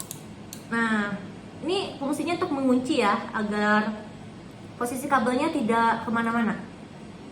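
An RJ45 plug, the second one, is put into a crimping tool onto a network cable and pressed all the way to the stop. Sharp clicks sound at 0.0 and 0.1 s, followed by another brief snap, then someone talks. The crimp is seated, locking the cable in place.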